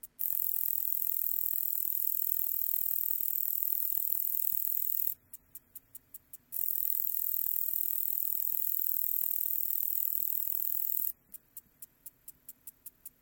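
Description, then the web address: Slender meadow katydid song: long, continuous high buzzes alternate with series of quick, evenly spaced ticks, the buzz returning after the first ticking run. "Crickets and Katydids. Slender Meadow Katydid, Conocephalus fasciatus"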